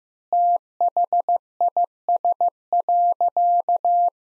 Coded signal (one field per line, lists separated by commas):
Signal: Morse code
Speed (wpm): 15 wpm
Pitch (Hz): 700 Hz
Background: none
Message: THIS.